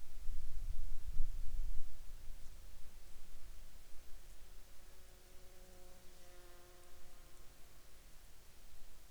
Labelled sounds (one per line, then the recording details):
insects
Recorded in Ivvavik National Park, Yukon, on 26 June 2019 at 15:16
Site SINP10